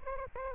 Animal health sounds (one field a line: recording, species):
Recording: mosquito wingbeat signal from an infrared sensor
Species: Aedes albopictus